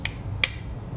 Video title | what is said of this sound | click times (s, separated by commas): YUK KITA LIHAT PROSES INSTALASI MESIN KOPI MILESTO ELIANE DI LOKASI CUSTOMER | angka filenya Tuh kan ini nggak nge-lock kita lock nah Sampai bunyi cetek | 0.0 s, 0.4 s